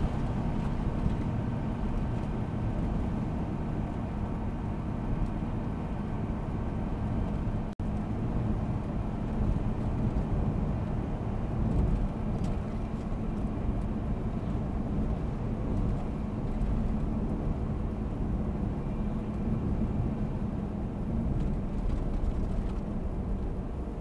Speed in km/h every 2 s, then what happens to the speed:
79, 78, 79, 80, 78, 77, 76, 73, 72, 68, 65, 62.
0-11 steady at about 78. 11-24 slows to 62.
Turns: none.